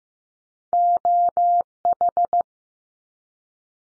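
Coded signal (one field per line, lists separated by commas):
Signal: Morse code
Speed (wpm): 15 wpm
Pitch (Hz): 700 Hz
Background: none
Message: O H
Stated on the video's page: Morse practice at 15 wpm: top two-letter combinations found in words, each sent, spoken after a slight pause, then sent again.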